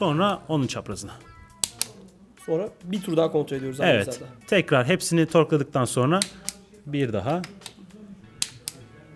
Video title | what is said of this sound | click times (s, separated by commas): Bisiklet Nasıl Kurulur? - SONUNDA ÇEKİLİŞ VAR! | bu duyduğumuz çıt sesi 5 New oldu Yeter diyor bu | 8.4 s, 8.7 s